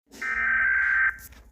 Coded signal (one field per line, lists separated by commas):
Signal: Emergency Alert System (SAME) tones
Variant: header bursts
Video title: eas alarms part 1